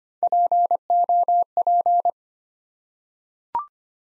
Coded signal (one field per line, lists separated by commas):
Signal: Morse code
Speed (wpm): 25 wpm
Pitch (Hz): 700 Hz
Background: none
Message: POP